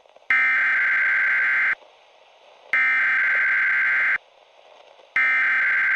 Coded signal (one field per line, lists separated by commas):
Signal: Emergency Alert System (SAME) tones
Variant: header bursts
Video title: [SUPER RARE!] CIVIL EMERGENCY MESSAGE FOR SOUTH CAROLINA! (EAS ALERT 76)